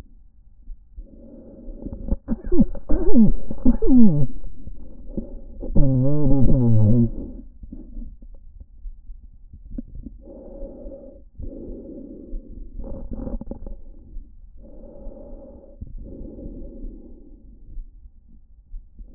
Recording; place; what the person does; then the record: lung sounds by stethoscope; trachea; quiet breathing, then cough and speech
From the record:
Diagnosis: COPD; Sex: male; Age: 77 years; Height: 164 cm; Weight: 58.2 kg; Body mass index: 21.6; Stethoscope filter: diaphragm mode